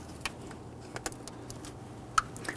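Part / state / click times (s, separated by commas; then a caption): wiring harness connector into throttle-area component / seated / 2.2 s. The plastic wiring harness connector above the throttle body of a 2011-2015 Kia Sorento is lined up and pushed down during an oil pressure switch replacement. A few faint ticks and handling sounds lead up to a sharp click at 2.2 seconds as the connector clicks in and engages, leaving it seated.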